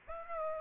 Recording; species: mosquito wingbeat signal from an infrared sensor; Aedes aegypti